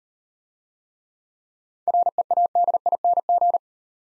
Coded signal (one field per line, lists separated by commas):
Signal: Morse code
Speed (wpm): 38 wpm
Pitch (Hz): 700 Hz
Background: none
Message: READING